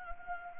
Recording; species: mosquito wingbeat signal from an infrared sensor; Anopheles gambiae